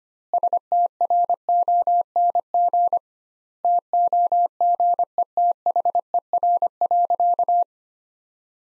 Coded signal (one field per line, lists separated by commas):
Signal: Morse code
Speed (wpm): 25 wpm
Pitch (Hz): 700 Hz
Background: none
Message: STRONG TOGETHER.